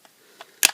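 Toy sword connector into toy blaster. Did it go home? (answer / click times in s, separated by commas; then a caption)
yes / 0.7 s. A plastic toy sword's connector is slid into a plastic toy blaster to combine the two toy weapons. Two faint taps at about 0.1 and 0.4 seconds lead up to a sharp, loud click at 0.7 seconds as the halves lock into place. No electronic sound plays for the connection.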